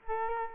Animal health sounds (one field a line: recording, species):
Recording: mosquito wingbeat signal from an infrared sensor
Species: Culex quinquefasciatus